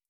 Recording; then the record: hydrophone in a shrimp aquaculture tank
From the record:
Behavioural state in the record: feeding